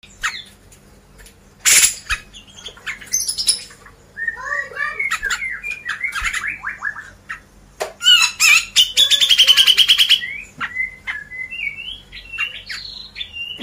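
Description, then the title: Grey-cheeked bulbul song, nearly continuous: varied whistled notes rising and falling, interrupted by harsh rasping bursts and a loud rattling trill. Masteran recording, used for training cage birds. "MASTERAN CUCAK JENGGOT"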